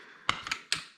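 The front swivel wheel of a Joie Tourist Signature pushchair has its pin lined up with the hole in the front leg and is pushed in. Two sharp clicks sound at 0.3 s and 0.7 s, with softer knocks between them. The wheel is seated on the leg.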